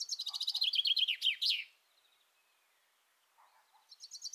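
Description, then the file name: Common chaffinch song: a bright, rapid trill dropping in pitch and ending in a sharp flourish, followed after a pause by the start of another phrase. "Fringilla coelebs"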